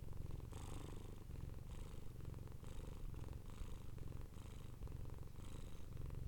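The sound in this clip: Domestic cat with a low continuous purr, airy inhalations surfacing roughly once per second in a regular cycle.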